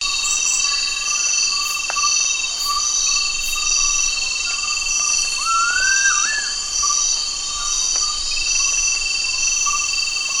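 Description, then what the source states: Gould's frogmouth gives a single rising whistle with a brief downturn at the end, nearly buried in dense, continuous insect noise. Recorded at Danum, Borneo, on 1 August 2009.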